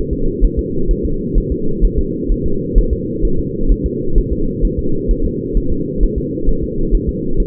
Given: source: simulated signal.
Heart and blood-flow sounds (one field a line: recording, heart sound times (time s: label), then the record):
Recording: fetal heart sounds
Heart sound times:
0.13 s: S2
0.45 s: S1
0.59 s: S2
0.91 s: S1
1.05 s: S2
1.38 s: S1
1.52 s: S2
1.85 s: S1
1.99 s: S2
2.32 s: S1
2.46 s: S2
2.78 s: S1
2.93 s: S2
3.25 s: S1
3.39 s: S2
3.72 s: S1
3.86 s: S2
4.18 s: S1
4.33 s: S2
4.65 s: S1
4.79 s: S2
5.11 s: S1
5.26 s: S2
5.57 s: S1
5.72 s: S2
6.03 s: S1
6.18 s: S2
6.49 s: S1
6.64 s: S2
6.95 s: S1
7.09 s: S2
7.40 s: S1
From the record:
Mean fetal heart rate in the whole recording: 130 bpm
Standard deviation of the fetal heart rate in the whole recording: 2 bpm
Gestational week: 38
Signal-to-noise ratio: -8.1 dB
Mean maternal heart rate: 72 bpm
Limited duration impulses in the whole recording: absent